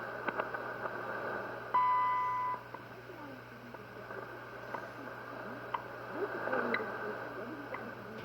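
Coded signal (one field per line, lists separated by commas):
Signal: radio time signal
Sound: noisy shortwave hiss, a steady high beep under a second, faint ticks each second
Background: radio static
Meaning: The long tone marks the start of a minute; the ticks mark seconds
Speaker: if you could hear the announcement in the background this is wwvh from uh hawaii on 10 megahertz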